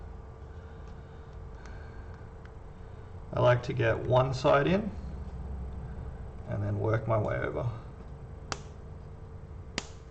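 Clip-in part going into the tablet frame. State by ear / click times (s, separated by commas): seated / 8.5 s, 9.8 s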